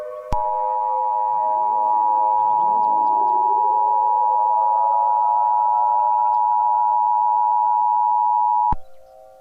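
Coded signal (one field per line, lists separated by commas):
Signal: Emergency Alert System (SAME) tones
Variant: 853 and 960 Hz attention tone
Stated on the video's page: Fictional EAS scenario, not a real alert.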